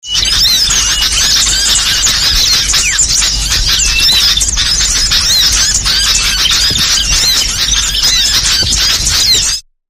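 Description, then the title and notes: Birds calling in a dense, continuous chorus of high, squeaky chirps and twitters overlapping throughout, without pause until a sudden stop at the end. Lure calls used to attract wary birds that are hard to approach. "Suara Burung Bandel Yang Susah Mendekati. Kompilasi Suara Pikat Burung"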